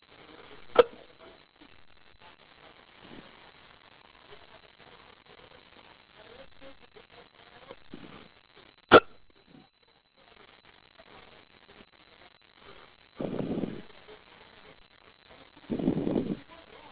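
An adult man hiccups twice, two sharp, abrupt hiccups about eight seconds apart in a quiet room, followed by two soft breathy sounds.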